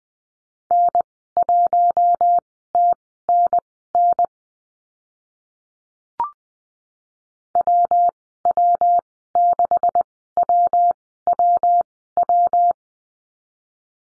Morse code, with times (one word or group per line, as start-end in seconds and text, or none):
0.7-4.2 N1TNN
7.6-12.7 WW6WWW